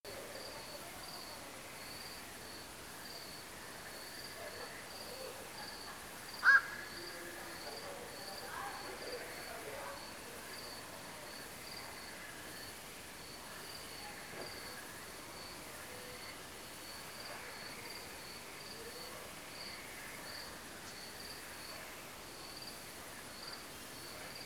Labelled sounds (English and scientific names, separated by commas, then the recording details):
Black-crowned Night-Heron (Nycticorax nycticorax), frogs, crickets, unidentified sound
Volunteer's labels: Autre biophonie grenouilles; Autre biophonie grillon; Autre bizarrophonie + grillon
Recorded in France